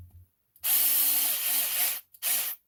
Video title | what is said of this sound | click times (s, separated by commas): Redcat Kaiju V1 Battery Tray Mod | oh that one's stripped out too | none